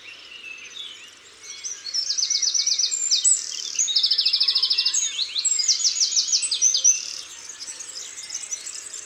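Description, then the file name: Eurasian wren song of several rapid, metallic trills strung together with sharp high notes. Isère. "Troglodyte-mignon-Concerts-naturels-de-l Isere-Studio-Les-Trois-Becs"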